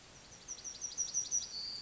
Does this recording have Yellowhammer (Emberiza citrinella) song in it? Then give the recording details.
yes. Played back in forest. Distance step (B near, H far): E. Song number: 150